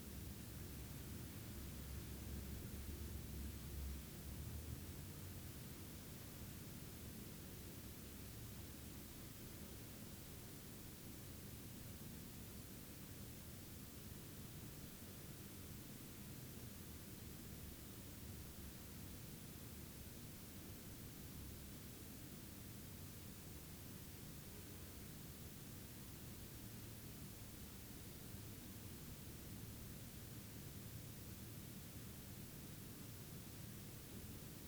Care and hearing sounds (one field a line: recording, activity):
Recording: daily activity, guitar pickup as the sensor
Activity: lie down